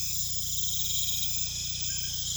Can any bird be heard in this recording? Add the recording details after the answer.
no. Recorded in pastures near Puerto Asís, Putumayo, Colombia, on 16 December 2024 at 22:00. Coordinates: 0.472, -76.331. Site GP02